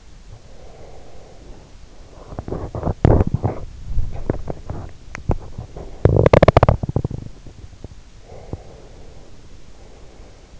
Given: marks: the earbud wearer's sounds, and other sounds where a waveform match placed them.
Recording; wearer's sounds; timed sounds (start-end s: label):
sounds in sleep by an in-ear microphone; breath, teeth grinding
0.17-1.97 s: breath
2.31-8.06 s: teeth grinding
8.29-10.60 s: breath